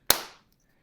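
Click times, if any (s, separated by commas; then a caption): 0.1 s. A small plastic heart-shaped case holding a mochi squishy is lined up and its two halves are pushed together. A single sharp snap at 0.1 s rings out and decays over about a quarter second. The case snaps closed and seats.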